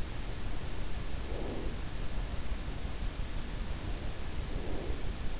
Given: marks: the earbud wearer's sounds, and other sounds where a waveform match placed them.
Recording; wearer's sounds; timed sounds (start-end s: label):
sounds in sleep by an in-ear microphone; breath
1.25-1.83 s: breath
4.52-5.10 s: breath